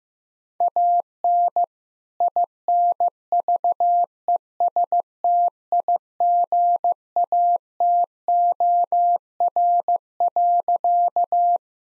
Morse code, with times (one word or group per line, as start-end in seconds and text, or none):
0.6-1.6 AN
2.2-11.6 INVESTIGATOR.